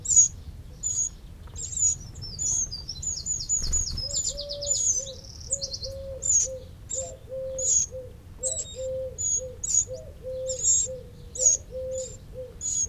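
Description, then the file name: Eurasian wren ticking calls with a brief rapid buzzy rattle early on, while a low, steadily repeated hollow note runs through the background from then on. "Troglodytes troglodytes"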